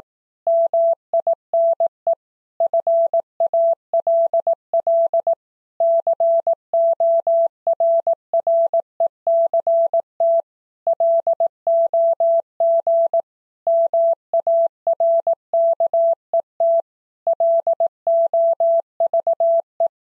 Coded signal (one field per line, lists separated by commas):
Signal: Morse code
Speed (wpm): 18 wpm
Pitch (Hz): 670 Hz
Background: none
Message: MINE FALL CORRECT LOG MARKET LOVE